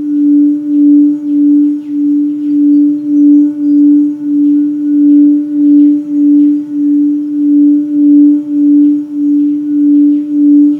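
An ancient singing bowl rings with a low, pure tone that pulses in a slow, regular wobble, about two beats per second, throughout. A fainter, higher overtone hums steadily above it, and the sound never fades or stops.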